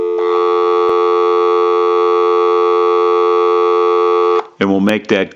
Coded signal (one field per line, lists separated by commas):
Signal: telephone call progress tone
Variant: North America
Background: speech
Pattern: dial tone